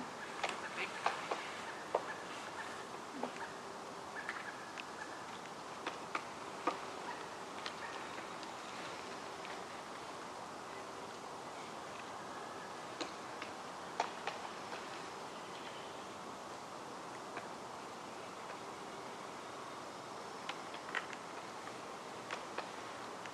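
Ambience from the Upper Macleay section of Forest Park in Portland, Oregon: a steady, even hiss of outdoor background sound. Short sharp ticks and clicks pop up irregularly throughout, and a faint low hum drifts in and out in the middle.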